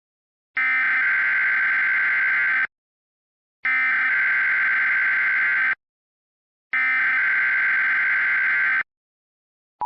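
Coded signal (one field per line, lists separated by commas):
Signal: Emergency Alert System (SAME) tones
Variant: header bursts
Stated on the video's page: Mock EAS tones, a recreation of a nuclear power plant warning.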